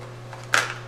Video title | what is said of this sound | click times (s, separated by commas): TechPartner.co MacBook Pro Ram Upgrade 2.53 Intel Core 2 Duo | and you just secure it in there and it should hear a nice little click | 0.5 s